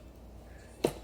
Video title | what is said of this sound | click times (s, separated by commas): Add-on Seat Assembly for EVOLV Tour 2.0 and Tour XL | to lock everything firmly down there. | 0.9 s